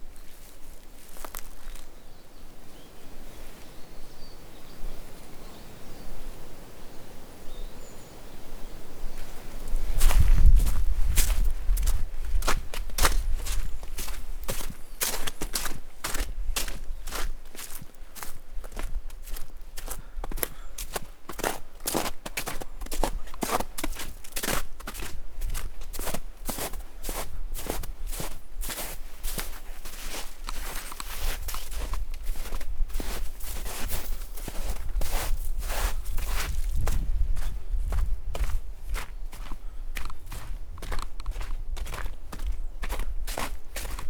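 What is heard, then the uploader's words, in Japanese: Natural sounds along a walking path. After about ten seconds of quiet, a steady series of crisp footsteps begins and carries on to the end at an even walking pace, with a low rumble now and then under a soft outdoor background. お散歩道の自然の音。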